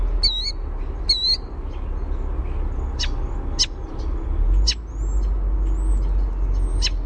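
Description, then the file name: European starling song: harmonic whistled notes, sharp vertical clicks and thin high sliding whistles in a varied, irregular sequence over low steady rumble. Warbled song. "EUST warbledsong"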